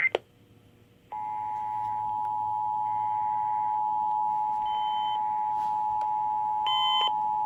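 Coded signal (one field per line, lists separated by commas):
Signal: Emergency Alert System (SAME) tones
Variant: 853 and 960 Hz attention tone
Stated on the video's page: Radio EAS Required Monthly Test received on a First Alert WX-268 dual-band scanning radio.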